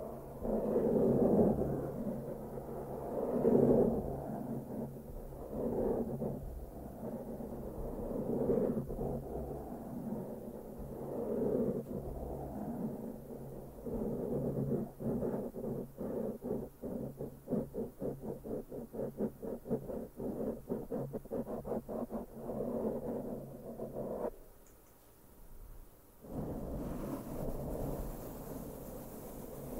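Intense mic brushing with no talking: dense, low scratchy swishes sweep back and forth in waves for the first half, then turn into quicker, regular strokes from about 15 to 24 seconds. A brief near-silent pause comes around 25 seconds before softer brushing resumes.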